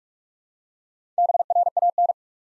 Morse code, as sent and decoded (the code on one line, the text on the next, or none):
-... .-. .- -.
BRAN